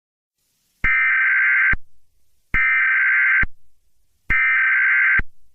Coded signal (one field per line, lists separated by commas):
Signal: Emergency Alert System (SAME) tones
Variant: header bursts